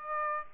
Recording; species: mosquito wingbeat signal from an infrared sensor; Aedes aegypti